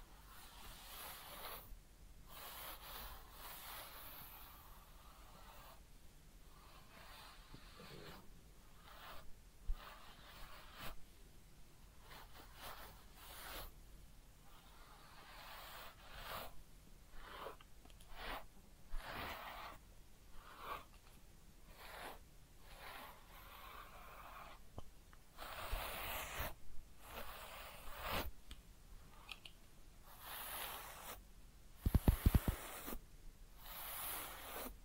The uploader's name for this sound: Real Head Massage and Ear Cleaning